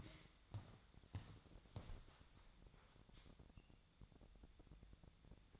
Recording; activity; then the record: daily activity, microphone in the room; walk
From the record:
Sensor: 3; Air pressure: 1012.1 hPa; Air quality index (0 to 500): 186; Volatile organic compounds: 3 ppm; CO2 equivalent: 1424 ppm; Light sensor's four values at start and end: 53/141/61/64 and 75/174/83/92